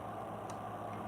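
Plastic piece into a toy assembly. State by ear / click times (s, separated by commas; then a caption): not seated / none. A plastic piece is handled and worked toward its place in a toy assembly, with a steady low hum throughout and a brief bright tick near 0.5 s. Nothing has seated or clicked yet.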